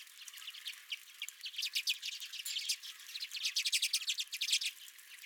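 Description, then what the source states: Redpolls calling, quick twittering chips and short rattling trills from several birds. Redpolls at the recordist's own feeder.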